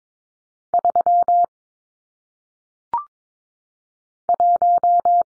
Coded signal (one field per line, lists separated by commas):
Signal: Morse code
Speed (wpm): 22 wpm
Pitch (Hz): 700 Hz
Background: none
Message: 3 1